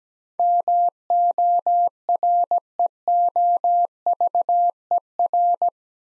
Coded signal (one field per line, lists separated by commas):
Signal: Morse code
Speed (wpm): 17 wpm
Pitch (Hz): 700 Hz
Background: none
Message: MOREOVER